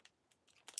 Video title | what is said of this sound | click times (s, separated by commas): Toys are Russ is live 4 hours for 40k stream! Legacy united leader class figure giveaway! | Clicks back in, no issues. | 0.8 s